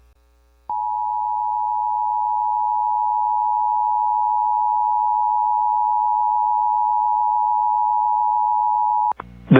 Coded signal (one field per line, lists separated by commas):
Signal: Emergency Alert System (SAME) tones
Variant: 853 and 960 Hz attention tone